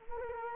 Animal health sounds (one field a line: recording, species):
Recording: mosquito wingbeat signal from an infrared sensor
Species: Culex quinquefasciatus